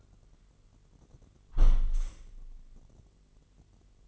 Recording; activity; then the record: daily activity, microphone in the room; close window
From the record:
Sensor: 4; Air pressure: 999.3 hPa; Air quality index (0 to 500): 123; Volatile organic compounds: 2 ppm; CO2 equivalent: 1215 ppm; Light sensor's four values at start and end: 18/43/18/20 and 17/43/17/19